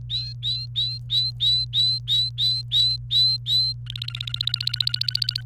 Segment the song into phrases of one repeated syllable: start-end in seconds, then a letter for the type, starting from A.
0.00-3.73 A, 3.86-5.41 B